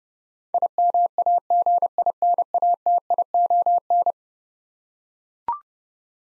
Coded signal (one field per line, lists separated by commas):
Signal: Morse code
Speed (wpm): 32 wpm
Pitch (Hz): 700 Hz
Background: none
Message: IMAGINATION